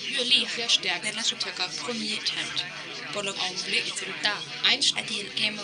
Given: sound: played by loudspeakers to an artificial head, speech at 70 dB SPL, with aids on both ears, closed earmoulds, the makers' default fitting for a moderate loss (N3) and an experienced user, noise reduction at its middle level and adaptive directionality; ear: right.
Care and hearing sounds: speech test signal (ISTS) in cocktail-party noise; +3 dB; in front (0 degrees)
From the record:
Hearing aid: class 2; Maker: A

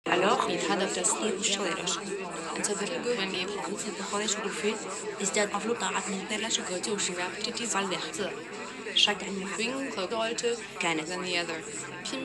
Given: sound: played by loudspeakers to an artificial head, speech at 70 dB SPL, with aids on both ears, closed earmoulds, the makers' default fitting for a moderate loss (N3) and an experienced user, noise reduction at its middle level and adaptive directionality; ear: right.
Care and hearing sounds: speech test signal (ISTS) in cocktail-party noise; -3 dB; in front (0 degrees)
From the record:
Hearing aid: class 2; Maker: E

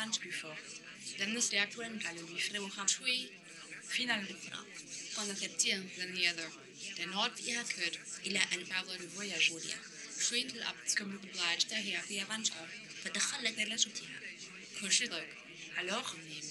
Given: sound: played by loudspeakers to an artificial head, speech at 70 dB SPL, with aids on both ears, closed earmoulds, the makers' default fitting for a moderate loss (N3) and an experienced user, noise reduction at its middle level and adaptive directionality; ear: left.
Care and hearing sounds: speech test signal (ISTS) in cocktail-party noise; +6 dB; in front (0 degrees)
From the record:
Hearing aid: class 1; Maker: J

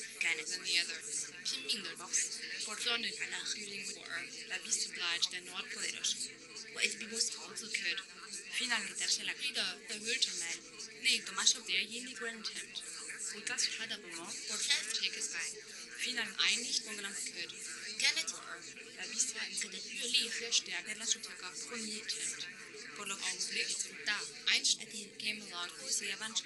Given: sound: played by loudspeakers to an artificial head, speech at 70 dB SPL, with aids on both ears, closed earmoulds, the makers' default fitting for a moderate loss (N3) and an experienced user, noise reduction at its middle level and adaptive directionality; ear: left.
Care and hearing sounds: speech test signal (ISTS) in cocktail-party noise; -3 dB; in front (0 degrees)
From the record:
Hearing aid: class 1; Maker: H

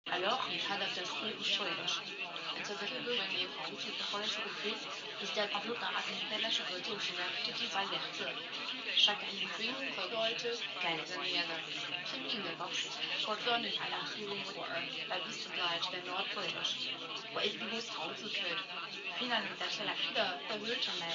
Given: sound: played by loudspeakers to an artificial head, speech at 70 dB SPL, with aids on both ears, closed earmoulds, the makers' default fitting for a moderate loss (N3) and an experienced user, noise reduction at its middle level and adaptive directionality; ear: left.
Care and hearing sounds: speech test signal (ISTS) in cocktail-party noise; +3 dB; on the right (90 degrees)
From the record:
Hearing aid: class 1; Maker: G

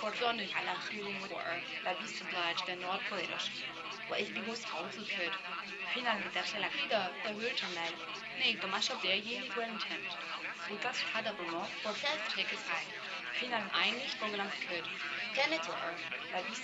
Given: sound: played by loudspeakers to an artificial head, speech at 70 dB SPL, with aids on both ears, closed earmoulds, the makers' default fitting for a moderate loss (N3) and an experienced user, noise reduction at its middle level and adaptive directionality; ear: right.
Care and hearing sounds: speech test signal (ISTS) in cocktail-party noise; 0 dB; in front (0 degrees)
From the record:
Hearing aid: class 1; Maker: F

